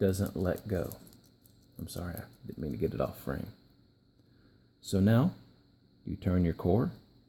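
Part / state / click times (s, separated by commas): lock core in lock housing / not seated / none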